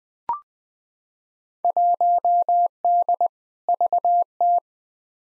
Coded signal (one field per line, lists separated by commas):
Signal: Morse code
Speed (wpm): 20 wpm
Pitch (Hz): 700 Hz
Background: none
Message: 1D VT